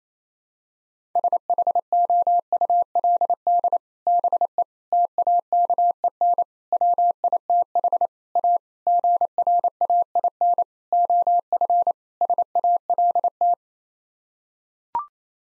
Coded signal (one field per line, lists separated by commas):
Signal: Morse code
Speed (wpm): 28 wpm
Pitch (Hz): 700 Hz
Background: none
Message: SHOULD BE TAKEN WITH A GRAIN OF SALT